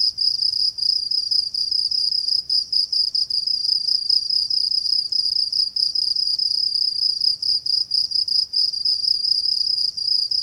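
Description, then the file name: Cricket chirping, a steady high-pitched trill broken into rapid pulses with brief gaps, continuous throughout with no other sounds. Binaural. "Crickets-binaural recording"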